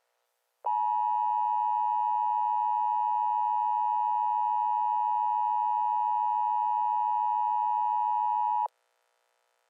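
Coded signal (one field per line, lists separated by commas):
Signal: Emergency Alert System (SAME) tones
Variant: 853 and 960 Hz attention tone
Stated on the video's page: Fictional EAS scenario made for entertainment, not a real alert.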